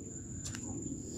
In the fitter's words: ça clipse, mais. Voilà quoi. Zut.